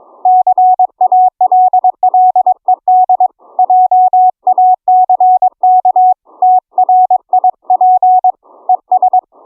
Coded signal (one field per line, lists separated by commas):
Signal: Morse code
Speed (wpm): 22 wpm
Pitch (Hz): 740 Hz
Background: none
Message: CALLED JACK TRIP ES